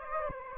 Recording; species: mosquito wingbeat signal from an infrared sensor; Aedes aegypti